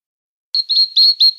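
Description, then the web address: Brown treecreeper giving four sharp, high notes in quick succession after a brief silence. Recorded in a garden in Canberra. "canberra-garden-birds treecreepers brown-treecreeper"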